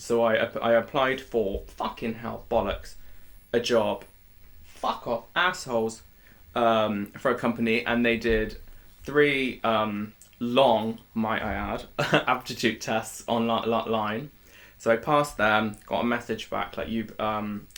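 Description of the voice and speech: An adult woman's conversational speech broken by abrupt, out-of-context swearing outbursts mid-sentence: vocal tics with coprolalia. Her tic condition began in adulthood, around age 26, with physical tics first. Vocal tics started once she could talk again, beginning with a coughing noise, and have been at their current degree for about 3 years. A former severe stammer has been largely phased out by speech therapy.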